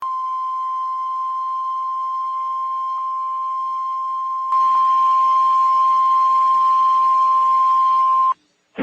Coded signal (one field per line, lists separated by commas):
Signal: Emergency Alert System (SAME) tones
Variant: 1050 Hz attention tone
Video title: Severe Thunderstorm Warning! EAS #167